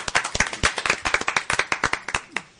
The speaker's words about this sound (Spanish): Yo de verdad que un aplauso por ellos. Gracias.